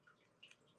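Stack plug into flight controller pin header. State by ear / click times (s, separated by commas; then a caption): seated / 0.4 s. An ESC/stack connector plug is pressed onto the 10-pin header on the bottom of the flight controller of a custom-built Reptile Cloud 149 V1 drone. Against a quiet background, a sharp snap sounds at 0.4 s, followed by a fainter tick about 0.5 s. The plug snaps into place and is seated on the pins.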